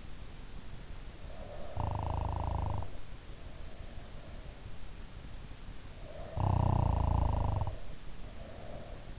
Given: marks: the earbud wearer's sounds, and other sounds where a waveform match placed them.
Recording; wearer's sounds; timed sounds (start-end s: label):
sounds in sleep by an in-ear microphone; snoring breath
1.24-4.62 s: snoring breath
5.93-9.19 s: snoring breath